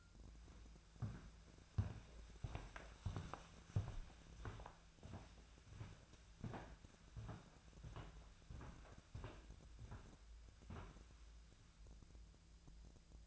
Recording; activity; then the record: daily activity, microphone in the room; walk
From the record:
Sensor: 2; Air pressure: 1008.2 hPa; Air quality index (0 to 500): 182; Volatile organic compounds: 10 ppm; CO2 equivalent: 2236 ppm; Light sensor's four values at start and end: 13/32/13/14 and 13/32/13/14